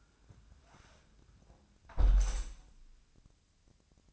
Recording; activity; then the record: daily activity, microphone in the room; close window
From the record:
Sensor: 2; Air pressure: 1000.2 hPa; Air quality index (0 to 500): 132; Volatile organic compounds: 2 ppm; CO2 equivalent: 1100 ppm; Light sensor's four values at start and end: 12/32/12/14 and 11/31/12/14